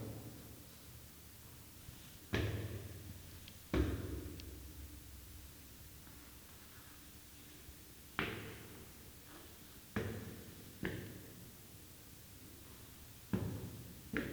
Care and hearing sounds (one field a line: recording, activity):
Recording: daily activity, guitar pickup as the sensor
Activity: go upstairs